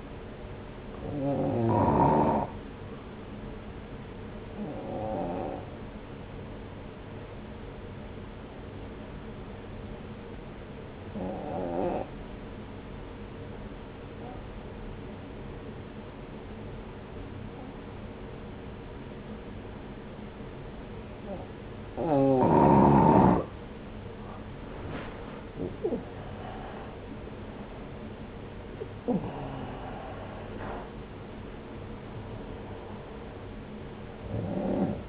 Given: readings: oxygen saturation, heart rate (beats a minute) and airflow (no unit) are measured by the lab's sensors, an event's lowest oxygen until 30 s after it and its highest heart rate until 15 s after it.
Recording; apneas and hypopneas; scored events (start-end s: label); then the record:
breathing in sleep by a voice recorder at the bedside; 1
4.00-26.30 s: hypopnea (N1, oxygen 93% highest, then 84% lowest)
From the record:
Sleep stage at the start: N1 (lightest sleep); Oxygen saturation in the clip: 87 to 93%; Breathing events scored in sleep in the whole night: 303 in 8.1 hours asleep